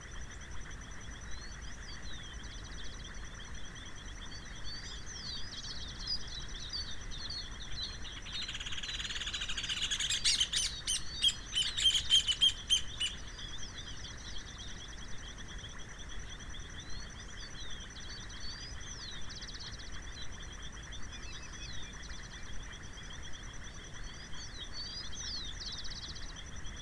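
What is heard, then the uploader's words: Birds at summer dusk near Vedia, Buenos Aires province, Argentina, with a steady high insect-like whine running throughout. Scattered chirps and short calls come and go over a low background hiss, and a louder, denser burst of clicking and chirping rises around ten to thirteen seconds. Summer dusk with birds near Vedia, Buenos Aires province, Argentina.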